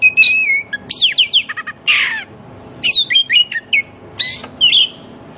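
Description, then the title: Oriental magpie-robin singing a busy run of clear whistles, slurred high notes and a scratchy burst, the phrases following each other with only short gaps. Played as a lure so that silent magpie-robins answer and sing energetically (gacor) within about five minutes. "Cukup Hitungan Menit Kacer Lain Bisa Bunyi. CUKUP 5 Menit Kacer LAIN NYAUT JADI GACOR, PANCINGAN KACER MACET BUNYI"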